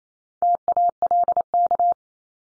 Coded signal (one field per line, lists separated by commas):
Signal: Morse code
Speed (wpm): 28 wpm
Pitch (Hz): 700 Hz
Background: none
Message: TALK